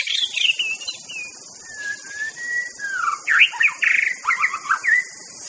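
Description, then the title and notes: White-rumped shama song with drawn-out clear whistles giving way to rapid, varied slurred notes and chatters, all over a steady high-pitched hiss. Song used as a lure for trapping birds (pikat). "MB Pikat Jitu.. Suara Mantap. murai batu"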